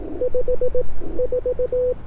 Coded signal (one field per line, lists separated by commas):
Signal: Morse code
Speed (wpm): 18 wpm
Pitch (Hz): 500 Hz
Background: radio noise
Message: 5 4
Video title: Getting my First Ever POTA Kilo at Fort Ord Dunes State Park With an 18 WPM CW Activation